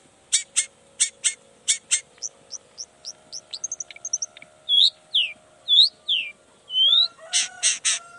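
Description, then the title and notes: Long-tailed shrike song mixing harsh grating bursts, thin high chips and slurred whistles, ending with more harsh notes. Singing actively ('gacor') in the morning with varied 'toet toet' sounds; makes other shrikes respond ('nyaut') and open up their material. "Cendet Gacor Dor Di Kala Pagi Toet Toet Variasi Suara. Cendet Gacor Pagi Hari Biangnya Bikin Cendet Manapun Langsung On Nyaut. Burung cendet"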